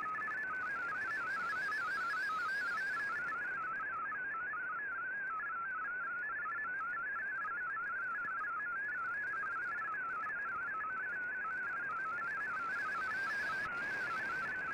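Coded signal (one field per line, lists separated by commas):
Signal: multi-tone FSK (Olivia or MFSK type)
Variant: MFSK32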